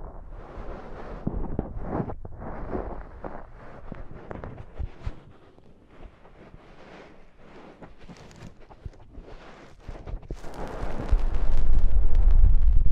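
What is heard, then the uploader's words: Deep ear cleaning: dense scratching and crackling rubs come in uneven bursts, with a low rumble running beneath. The sounds soften through the middle, then from about ten seconds a louder, fuller rustling and muffled rumble build toward the end. ASMR INTENSE Deep Ear Cleaning (No Talking).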